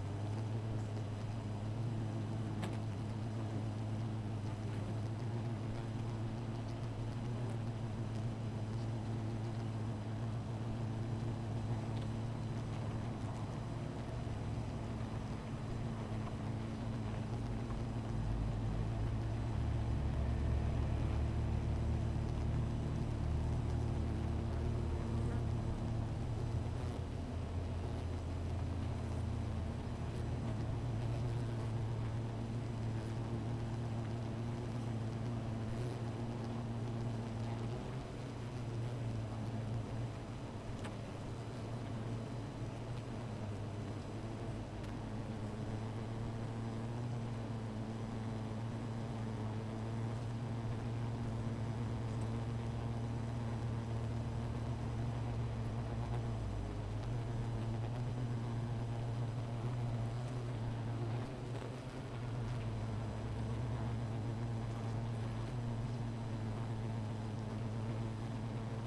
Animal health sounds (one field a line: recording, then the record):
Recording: honeybee colony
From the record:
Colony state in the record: missing queen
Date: 14 July 2017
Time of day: 16:18